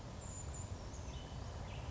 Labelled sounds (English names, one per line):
Brown Creeper